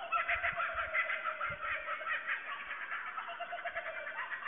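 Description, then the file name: Kookaburras in a steady raucous laughing chorus, dense cackling notes overlapping continuously, with a few low thumps early on. Several kookaburras recorded in Australia on 19 March 2009. "AUS 090319 Kookaburras"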